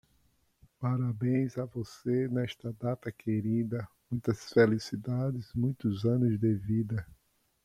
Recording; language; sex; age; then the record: short text; Brazilian Portuguese; male; 50 to 59 years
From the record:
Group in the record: control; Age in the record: 59 years